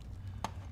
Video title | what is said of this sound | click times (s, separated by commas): Venom Sixth Scale Figure by Hot Toys - Unsealed and Revealed | i love when the joints just punk and they're popping right on there um | 0.4 s